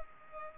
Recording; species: mosquito wingbeat signal from an infrared sensor; Culex pipiens